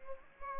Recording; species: mosquito wingbeat signal from an infrared sensor; Aedes aegypti